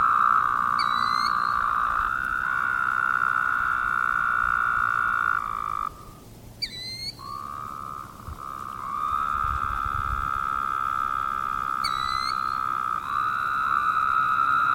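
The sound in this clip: Woodhouse's toads droning in long buzzy calls, the chorus dropping out briefly before resuming, with hooked high-pitched chirps sounding every five to six seconds.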